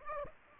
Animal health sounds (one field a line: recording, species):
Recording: mosquito wingbeat signal from an infrared sensor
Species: Aedes aegypti